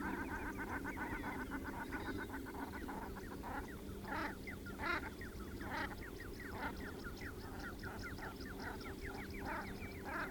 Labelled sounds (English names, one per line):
Common Shelduck courtship call